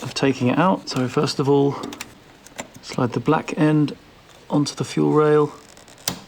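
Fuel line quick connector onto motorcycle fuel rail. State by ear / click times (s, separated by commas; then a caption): seated / 6.1 s. Someone talks while sliding the black end of a new quick-release fuel line, fitted to replace a kinked one, onto the fuel rail of an FZ1 motorcycle. A couple of faint taps at about 5.8 and 5.9 seconds lead into a sharp click at 6.1 seconds as the connector seats, before the clip is slid across to cover the grey buttons.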